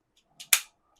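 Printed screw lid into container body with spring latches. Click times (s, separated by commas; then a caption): 0.5 s. A 3D-printed plastic lid is screwed into a container body and rotated down until it snaps into place at 0.5 s, held by four compliant spring latches. A softer rustle comes just before the sharp, bright snap, which decays quickly. The lid is confirmed locked.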